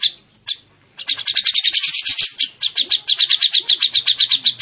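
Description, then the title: Bird song: a brief chirp, then a long fast train of dense, buzzy high notes with slight variation in rhythm. Training recording (masteran) of a bird's song. "masteran lengkapp"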